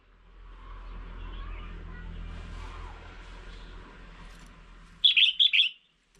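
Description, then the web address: Red-whiskered bulbul call: one short, lively three-note phrase near the end, after several seconds of low rumbling background noise. Female. "tieng chao mao mai. tieng dong vat"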